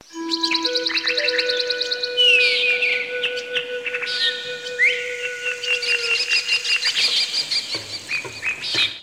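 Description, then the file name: Birds chirping and whistling in a dense overlapping chorus, with rapid repeated high chirps and long steady whistled tones running throughout. "pajaros"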